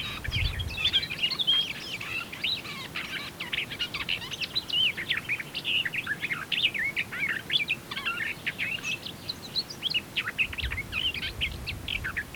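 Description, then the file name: Eurasian blackcap singing continuously, a dense run of chattering and whistled phrases without a break, with low rumbles at the start and near the end. "Sylvia atricapilla"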